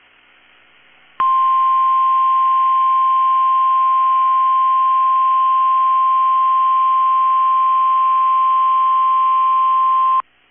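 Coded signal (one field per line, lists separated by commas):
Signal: Emergency Alert System (SAME) tones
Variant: 1050 Hz attention tone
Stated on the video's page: NOAA Weather Radio station required weekly test.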